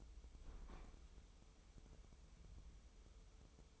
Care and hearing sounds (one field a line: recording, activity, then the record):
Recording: daily activity, microphone in the room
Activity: open fridge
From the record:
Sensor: 1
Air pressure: 988.4 hPa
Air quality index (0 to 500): 199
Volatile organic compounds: 1000 ppm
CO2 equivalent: 5326 ppm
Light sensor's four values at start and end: 28/103/39/40 and 28/103/38/40